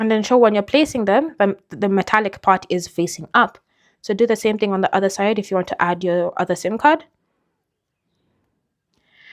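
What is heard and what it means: Someone talks for about 7 seconds while a second SIM card is placed, metal contacts facing up, onto the plastic or metal SIM tray of a Samsung Galaxy S26 / S26 Ultra smartphone. After a pause, there is one faint hit at about 8.9 s. The tray has not yet been pushed back into the phone, and nothing has seated or clicked yet.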